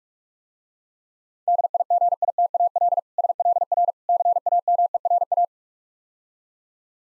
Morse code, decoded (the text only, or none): DIGITAL SLR CAMERA